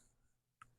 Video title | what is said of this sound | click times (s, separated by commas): ❄️ Crocheting a Christmas Koi 🧶 | ah clicky clacked | 0.6 s